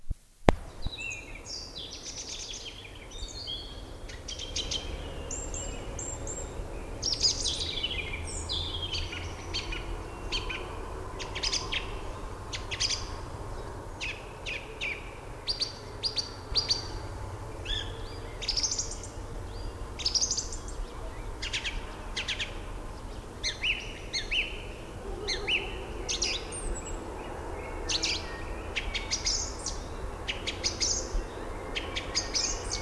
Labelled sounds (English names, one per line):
Song Thrush song